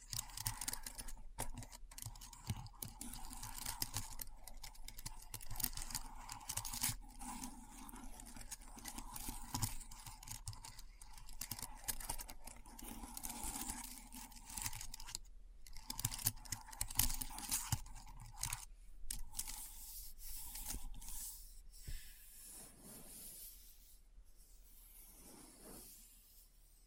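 Keyboard sounds: a dense, irregular run of quick clicks and taps fills most of the clip, with short pauses scattered through it. A steady mid-pitched hum sits underneath. After about 22 seconds the tapping thins out and turns softer, ending in scattered rustling.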